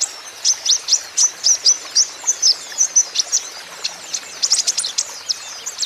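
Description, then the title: Van Hasselt's sunbird delivering a rapid series of quick, high, sharp notes, with background hiss. Young green-plumaged (konin ijoan) caged bird in energetic (gacor) song, used as a lure and therapy so untrained young (konin) birds surely answer. "KOLIBRI NINJA KONIN IJOAN GACOR COCOK UNTUK PANCINGAN TERAPI KONIN BAHAN PASTI NYAUT"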